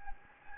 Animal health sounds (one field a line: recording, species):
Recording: mosquito wingbeat signal from an infrared sensor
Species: Anopheles gambiae